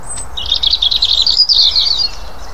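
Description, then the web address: European robin giving a brief high note, then one fast, trickling warble of thin notes lasting under two seconds. "SETE data Erithacus rubecula"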